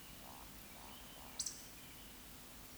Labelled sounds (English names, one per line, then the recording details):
Eurasian Woodcock whistle
Eurasian Woodcock croak
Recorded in Baden-Württemberg, Germany, on 16 June 2021 at 20:01 UTC
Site 18672, 474 m above sea level